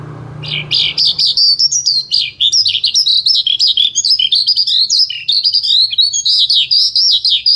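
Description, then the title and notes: Bird song, a continuous, fast warbled stream of high twisting notes after a brief noisy start with low hum. Bird song used to train (master) pet birds. "Suara Burung. Suara Kicauan Burung untuk memaster burung kesayangan"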